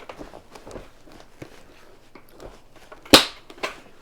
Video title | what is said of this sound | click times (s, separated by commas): Storing 35lbs of pinto beans long term #prepping #buckets #foodstorage #straighthair | You can hear that click and you can tell it's closed. | 3.1 s